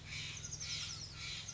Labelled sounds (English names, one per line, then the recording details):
Steller's Jay
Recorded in Sonoma County, California